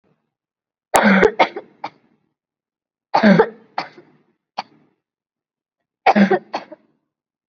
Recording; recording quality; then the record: heavy voluntary cough; excellent, no background noise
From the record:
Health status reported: COVID-19 positive, moderate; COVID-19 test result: positive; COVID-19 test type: RT-PCR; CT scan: not taken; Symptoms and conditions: cough, cold, sore throat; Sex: female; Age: 23 years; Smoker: no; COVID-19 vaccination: one dose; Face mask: worn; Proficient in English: yes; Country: India